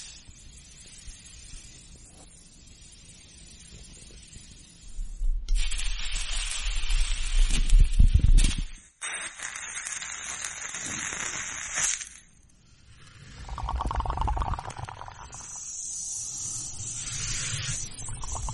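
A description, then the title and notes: A quiet, close sequence of natural-element trigger sounds with distinct sections. It opens with soft low rustling, then loud hissing and rushing noise with a deep rumble swells around five seconds and cuts off near nine. Steady airy hiss follows, and brighter washing sounds play through the final stretch. Earth, water, wind and fire natural element trigger sounds.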